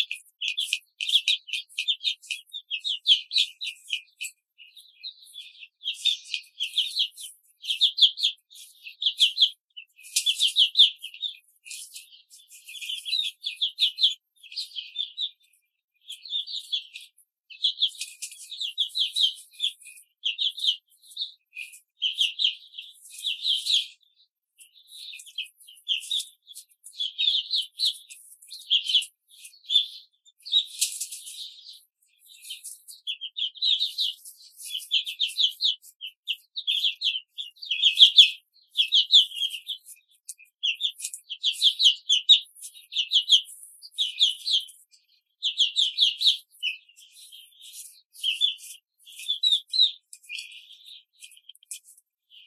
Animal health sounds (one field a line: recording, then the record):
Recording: young laying hens in a cage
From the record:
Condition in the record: control cage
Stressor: none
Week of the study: 5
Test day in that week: 1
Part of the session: 3